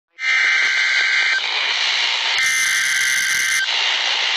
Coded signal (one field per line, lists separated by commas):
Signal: Emergency Alert System (SAME) tones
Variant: header bursts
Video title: Severe Thunderstorm Warning for Paducah KY (EAS 29) 1/12/23